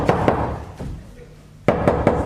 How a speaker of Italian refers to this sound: Bussano. Ho sentito, apri.